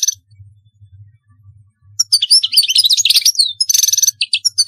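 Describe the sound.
European goldfinch song starting after a quiet spell with low hum, then a rapid stream of twittering notes and a buzzy trill.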